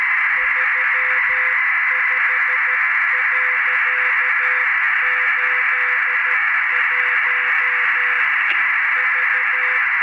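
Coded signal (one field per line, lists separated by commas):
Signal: Morse code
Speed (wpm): 12 wpm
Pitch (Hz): 500 Hz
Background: radio noise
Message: 35.81 V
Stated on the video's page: Telemetry from the ARISSAT-1 satellite.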